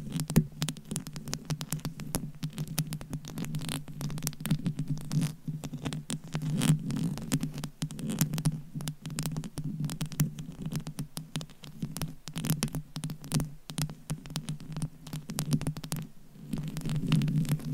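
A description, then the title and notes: Dense, irregular scratching and tapping on a microphone cover, crackly, over a steady low hum that runs throughout. ASMR Mic Scratching & Tapping on DIY Mic Cover. Asmr No Talking.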